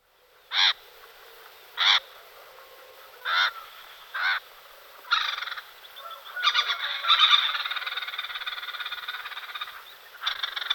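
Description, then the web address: Great spotted cuckoo calls with a few isolated harsh, rasping notes spaced over the first seconds, followed by a dense, continuous grating chatter. "All the bird songs of Britain and Europe - Jean-Claude Roche. Clamator glandarius"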